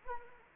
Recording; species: mosquito wingbeat signal from an infrared sensor; Anopheles arabiensis